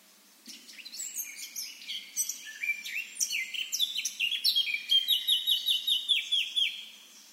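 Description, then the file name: Eurasian blackcap song: a rapid warbling run of varied chirps that builds into a louder series of clear, fluty, repeated phrases. "Sylvia atricapilla"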